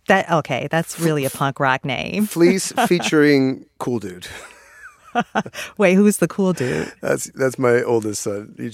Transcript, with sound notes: OK, that's really a punk rock name (laughter) Fleece, featuring cool dude. (Laughter) Wait, who's the cool dude? That's my oldest son, Eugene.